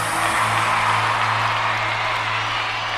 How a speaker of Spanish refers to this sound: Los aplausos.